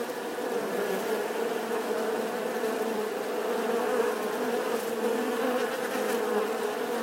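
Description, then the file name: Wasp swarm giving a continuous thick hum, many wingbeats blending into one steady buzz that barely varies in loudness. A swarm of wasps buzzing outside their nest. "Tieng bay ong vo ve ngoai to"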